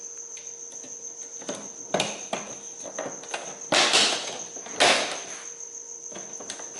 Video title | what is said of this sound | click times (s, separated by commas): M3 Side Grill | that's literally it it's locked in place | 1.9 s, 2.0 s, 2.3 s